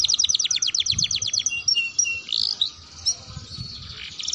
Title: Canto Para Esquentar Canário Belga. Suara Pancingan Kenari Gacor || Untuk Masteran Kenari Paud